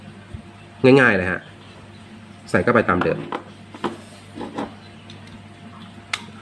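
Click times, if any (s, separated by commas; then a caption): 6.1 s. A wall power socket module is put back the way it came out and pressed with a little force into its plastic mounting frame or faceplate. Someone talks, followed by a few soft handling knocks. A sharp snap at 6.1 s marks the socket locking into the frame.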